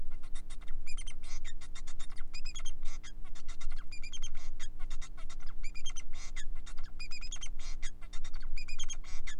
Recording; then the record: song of a male Bengalese finch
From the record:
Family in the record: son of father 4